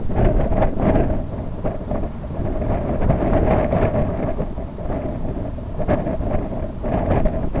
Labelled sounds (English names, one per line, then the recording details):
none
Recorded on Arctic tundra, site IGLO-B, on 24 June 2018
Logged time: 01:59